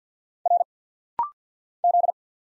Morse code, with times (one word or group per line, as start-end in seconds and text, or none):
0.5-0.6 R
1.8-2.1 Z